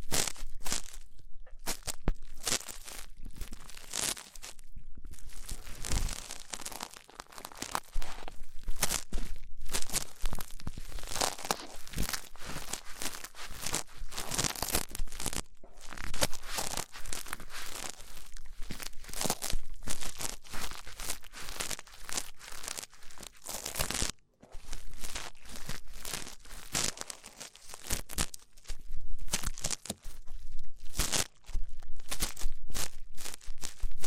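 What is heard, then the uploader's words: Rough ear cleaning, heard as dense scratching, scraping and crinkling that runs almost without pause. The rubbing comes in quick, irregular bursts of bright rustle, with brief near-silent gaps around 1, 5, 15 and 24 seconds, then picks up again just as busily. ASMR Rough Ear Cleaning (No Talking).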